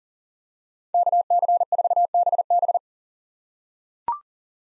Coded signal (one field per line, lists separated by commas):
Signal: Morse code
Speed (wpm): 40 wpm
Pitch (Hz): 700 Hz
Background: none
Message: KC4BB